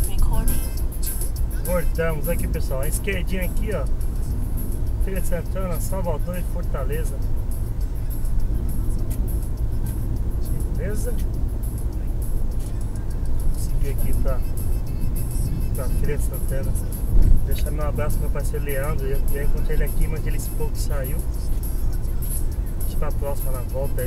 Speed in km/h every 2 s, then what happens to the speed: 75, 75, 75, 75, 75, 76, 77, 77, 76, 75, 74, 74.
0-24 steady at about 75.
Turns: none.